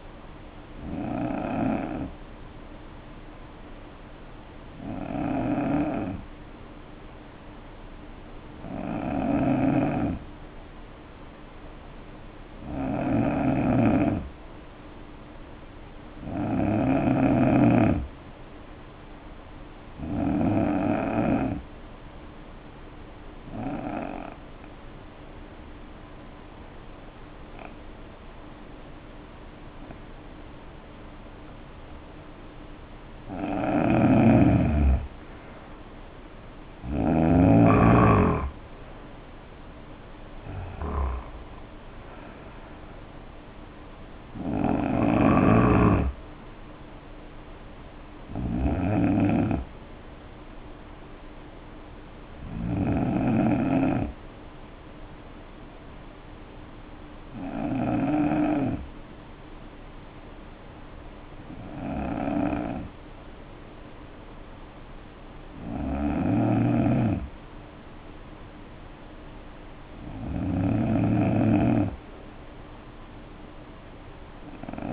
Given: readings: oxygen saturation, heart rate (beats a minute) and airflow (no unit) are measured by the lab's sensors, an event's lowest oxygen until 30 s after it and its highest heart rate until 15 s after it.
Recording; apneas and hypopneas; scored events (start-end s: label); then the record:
breathing in sleep by a voice recorder at the bedside; 2
3.00-33.20 s: hypopnea (N2, oxygen 94% highest, then 81% lowest, heart rate 57 at the start, 75 highest)
57.00-68.10 s: hypopnea (N2, oxygen 94% highest, then 87% lowest, heart rate 58 at the start, 63 highest)
From the record:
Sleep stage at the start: N2 (light sleep); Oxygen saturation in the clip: 81 to 94%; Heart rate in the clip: 56 to 75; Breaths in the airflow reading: 18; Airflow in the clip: -6.4 to 6.6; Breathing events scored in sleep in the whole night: 520 in 7.2 hours asleep